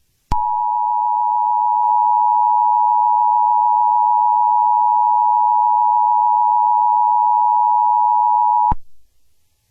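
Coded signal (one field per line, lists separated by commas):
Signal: Emergency Alert System (SAME) tones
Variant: 853 and 960 Hz attention tone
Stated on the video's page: Simulated EAS tones carrying a Star Wars character's speech, a fictional parody alert.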